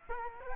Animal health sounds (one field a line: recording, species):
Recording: mosquito wingbeat signal from an infrared sensor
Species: Culex quinquefasciatus